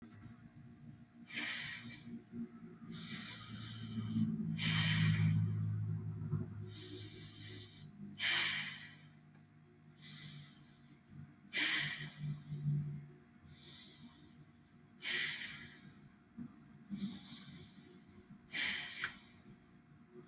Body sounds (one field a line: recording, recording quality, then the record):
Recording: deep breathing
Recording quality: excellent, no background noise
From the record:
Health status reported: healthy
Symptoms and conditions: none ticked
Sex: female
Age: 26 years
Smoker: not ticked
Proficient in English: yes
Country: United States